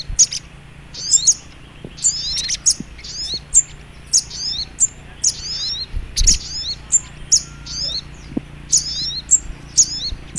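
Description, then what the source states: High, insistent little spiderhunter song of crisp chirps and slurred twitters repeated regularly, over a low steady background hum. Training recording (masteran).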